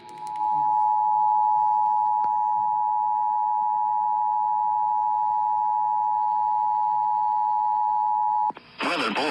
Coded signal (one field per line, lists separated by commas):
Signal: Emergency Alert System (SAME) tones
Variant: 853 and 960 Hz attention tone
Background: speech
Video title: EAS ALERTS 5713-5721 05/17-18/24